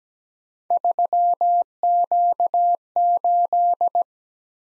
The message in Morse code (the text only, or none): 3Q8